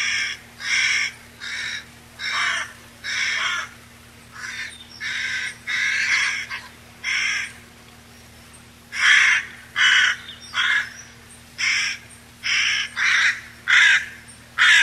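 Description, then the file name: Carrion crow cawing repeatedly in harsh, croaking bursts of varying length, with a brief lull midway before the calls resume. 10 July 1992. "10 07 92 Ccorone"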